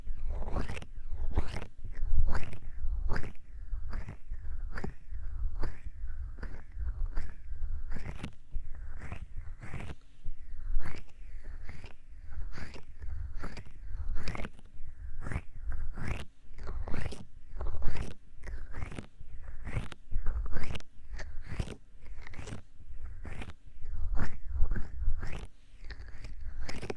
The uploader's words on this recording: ASMR very odd & unsual triggers hollow tube, paw cleaning silicone, stress balls & more.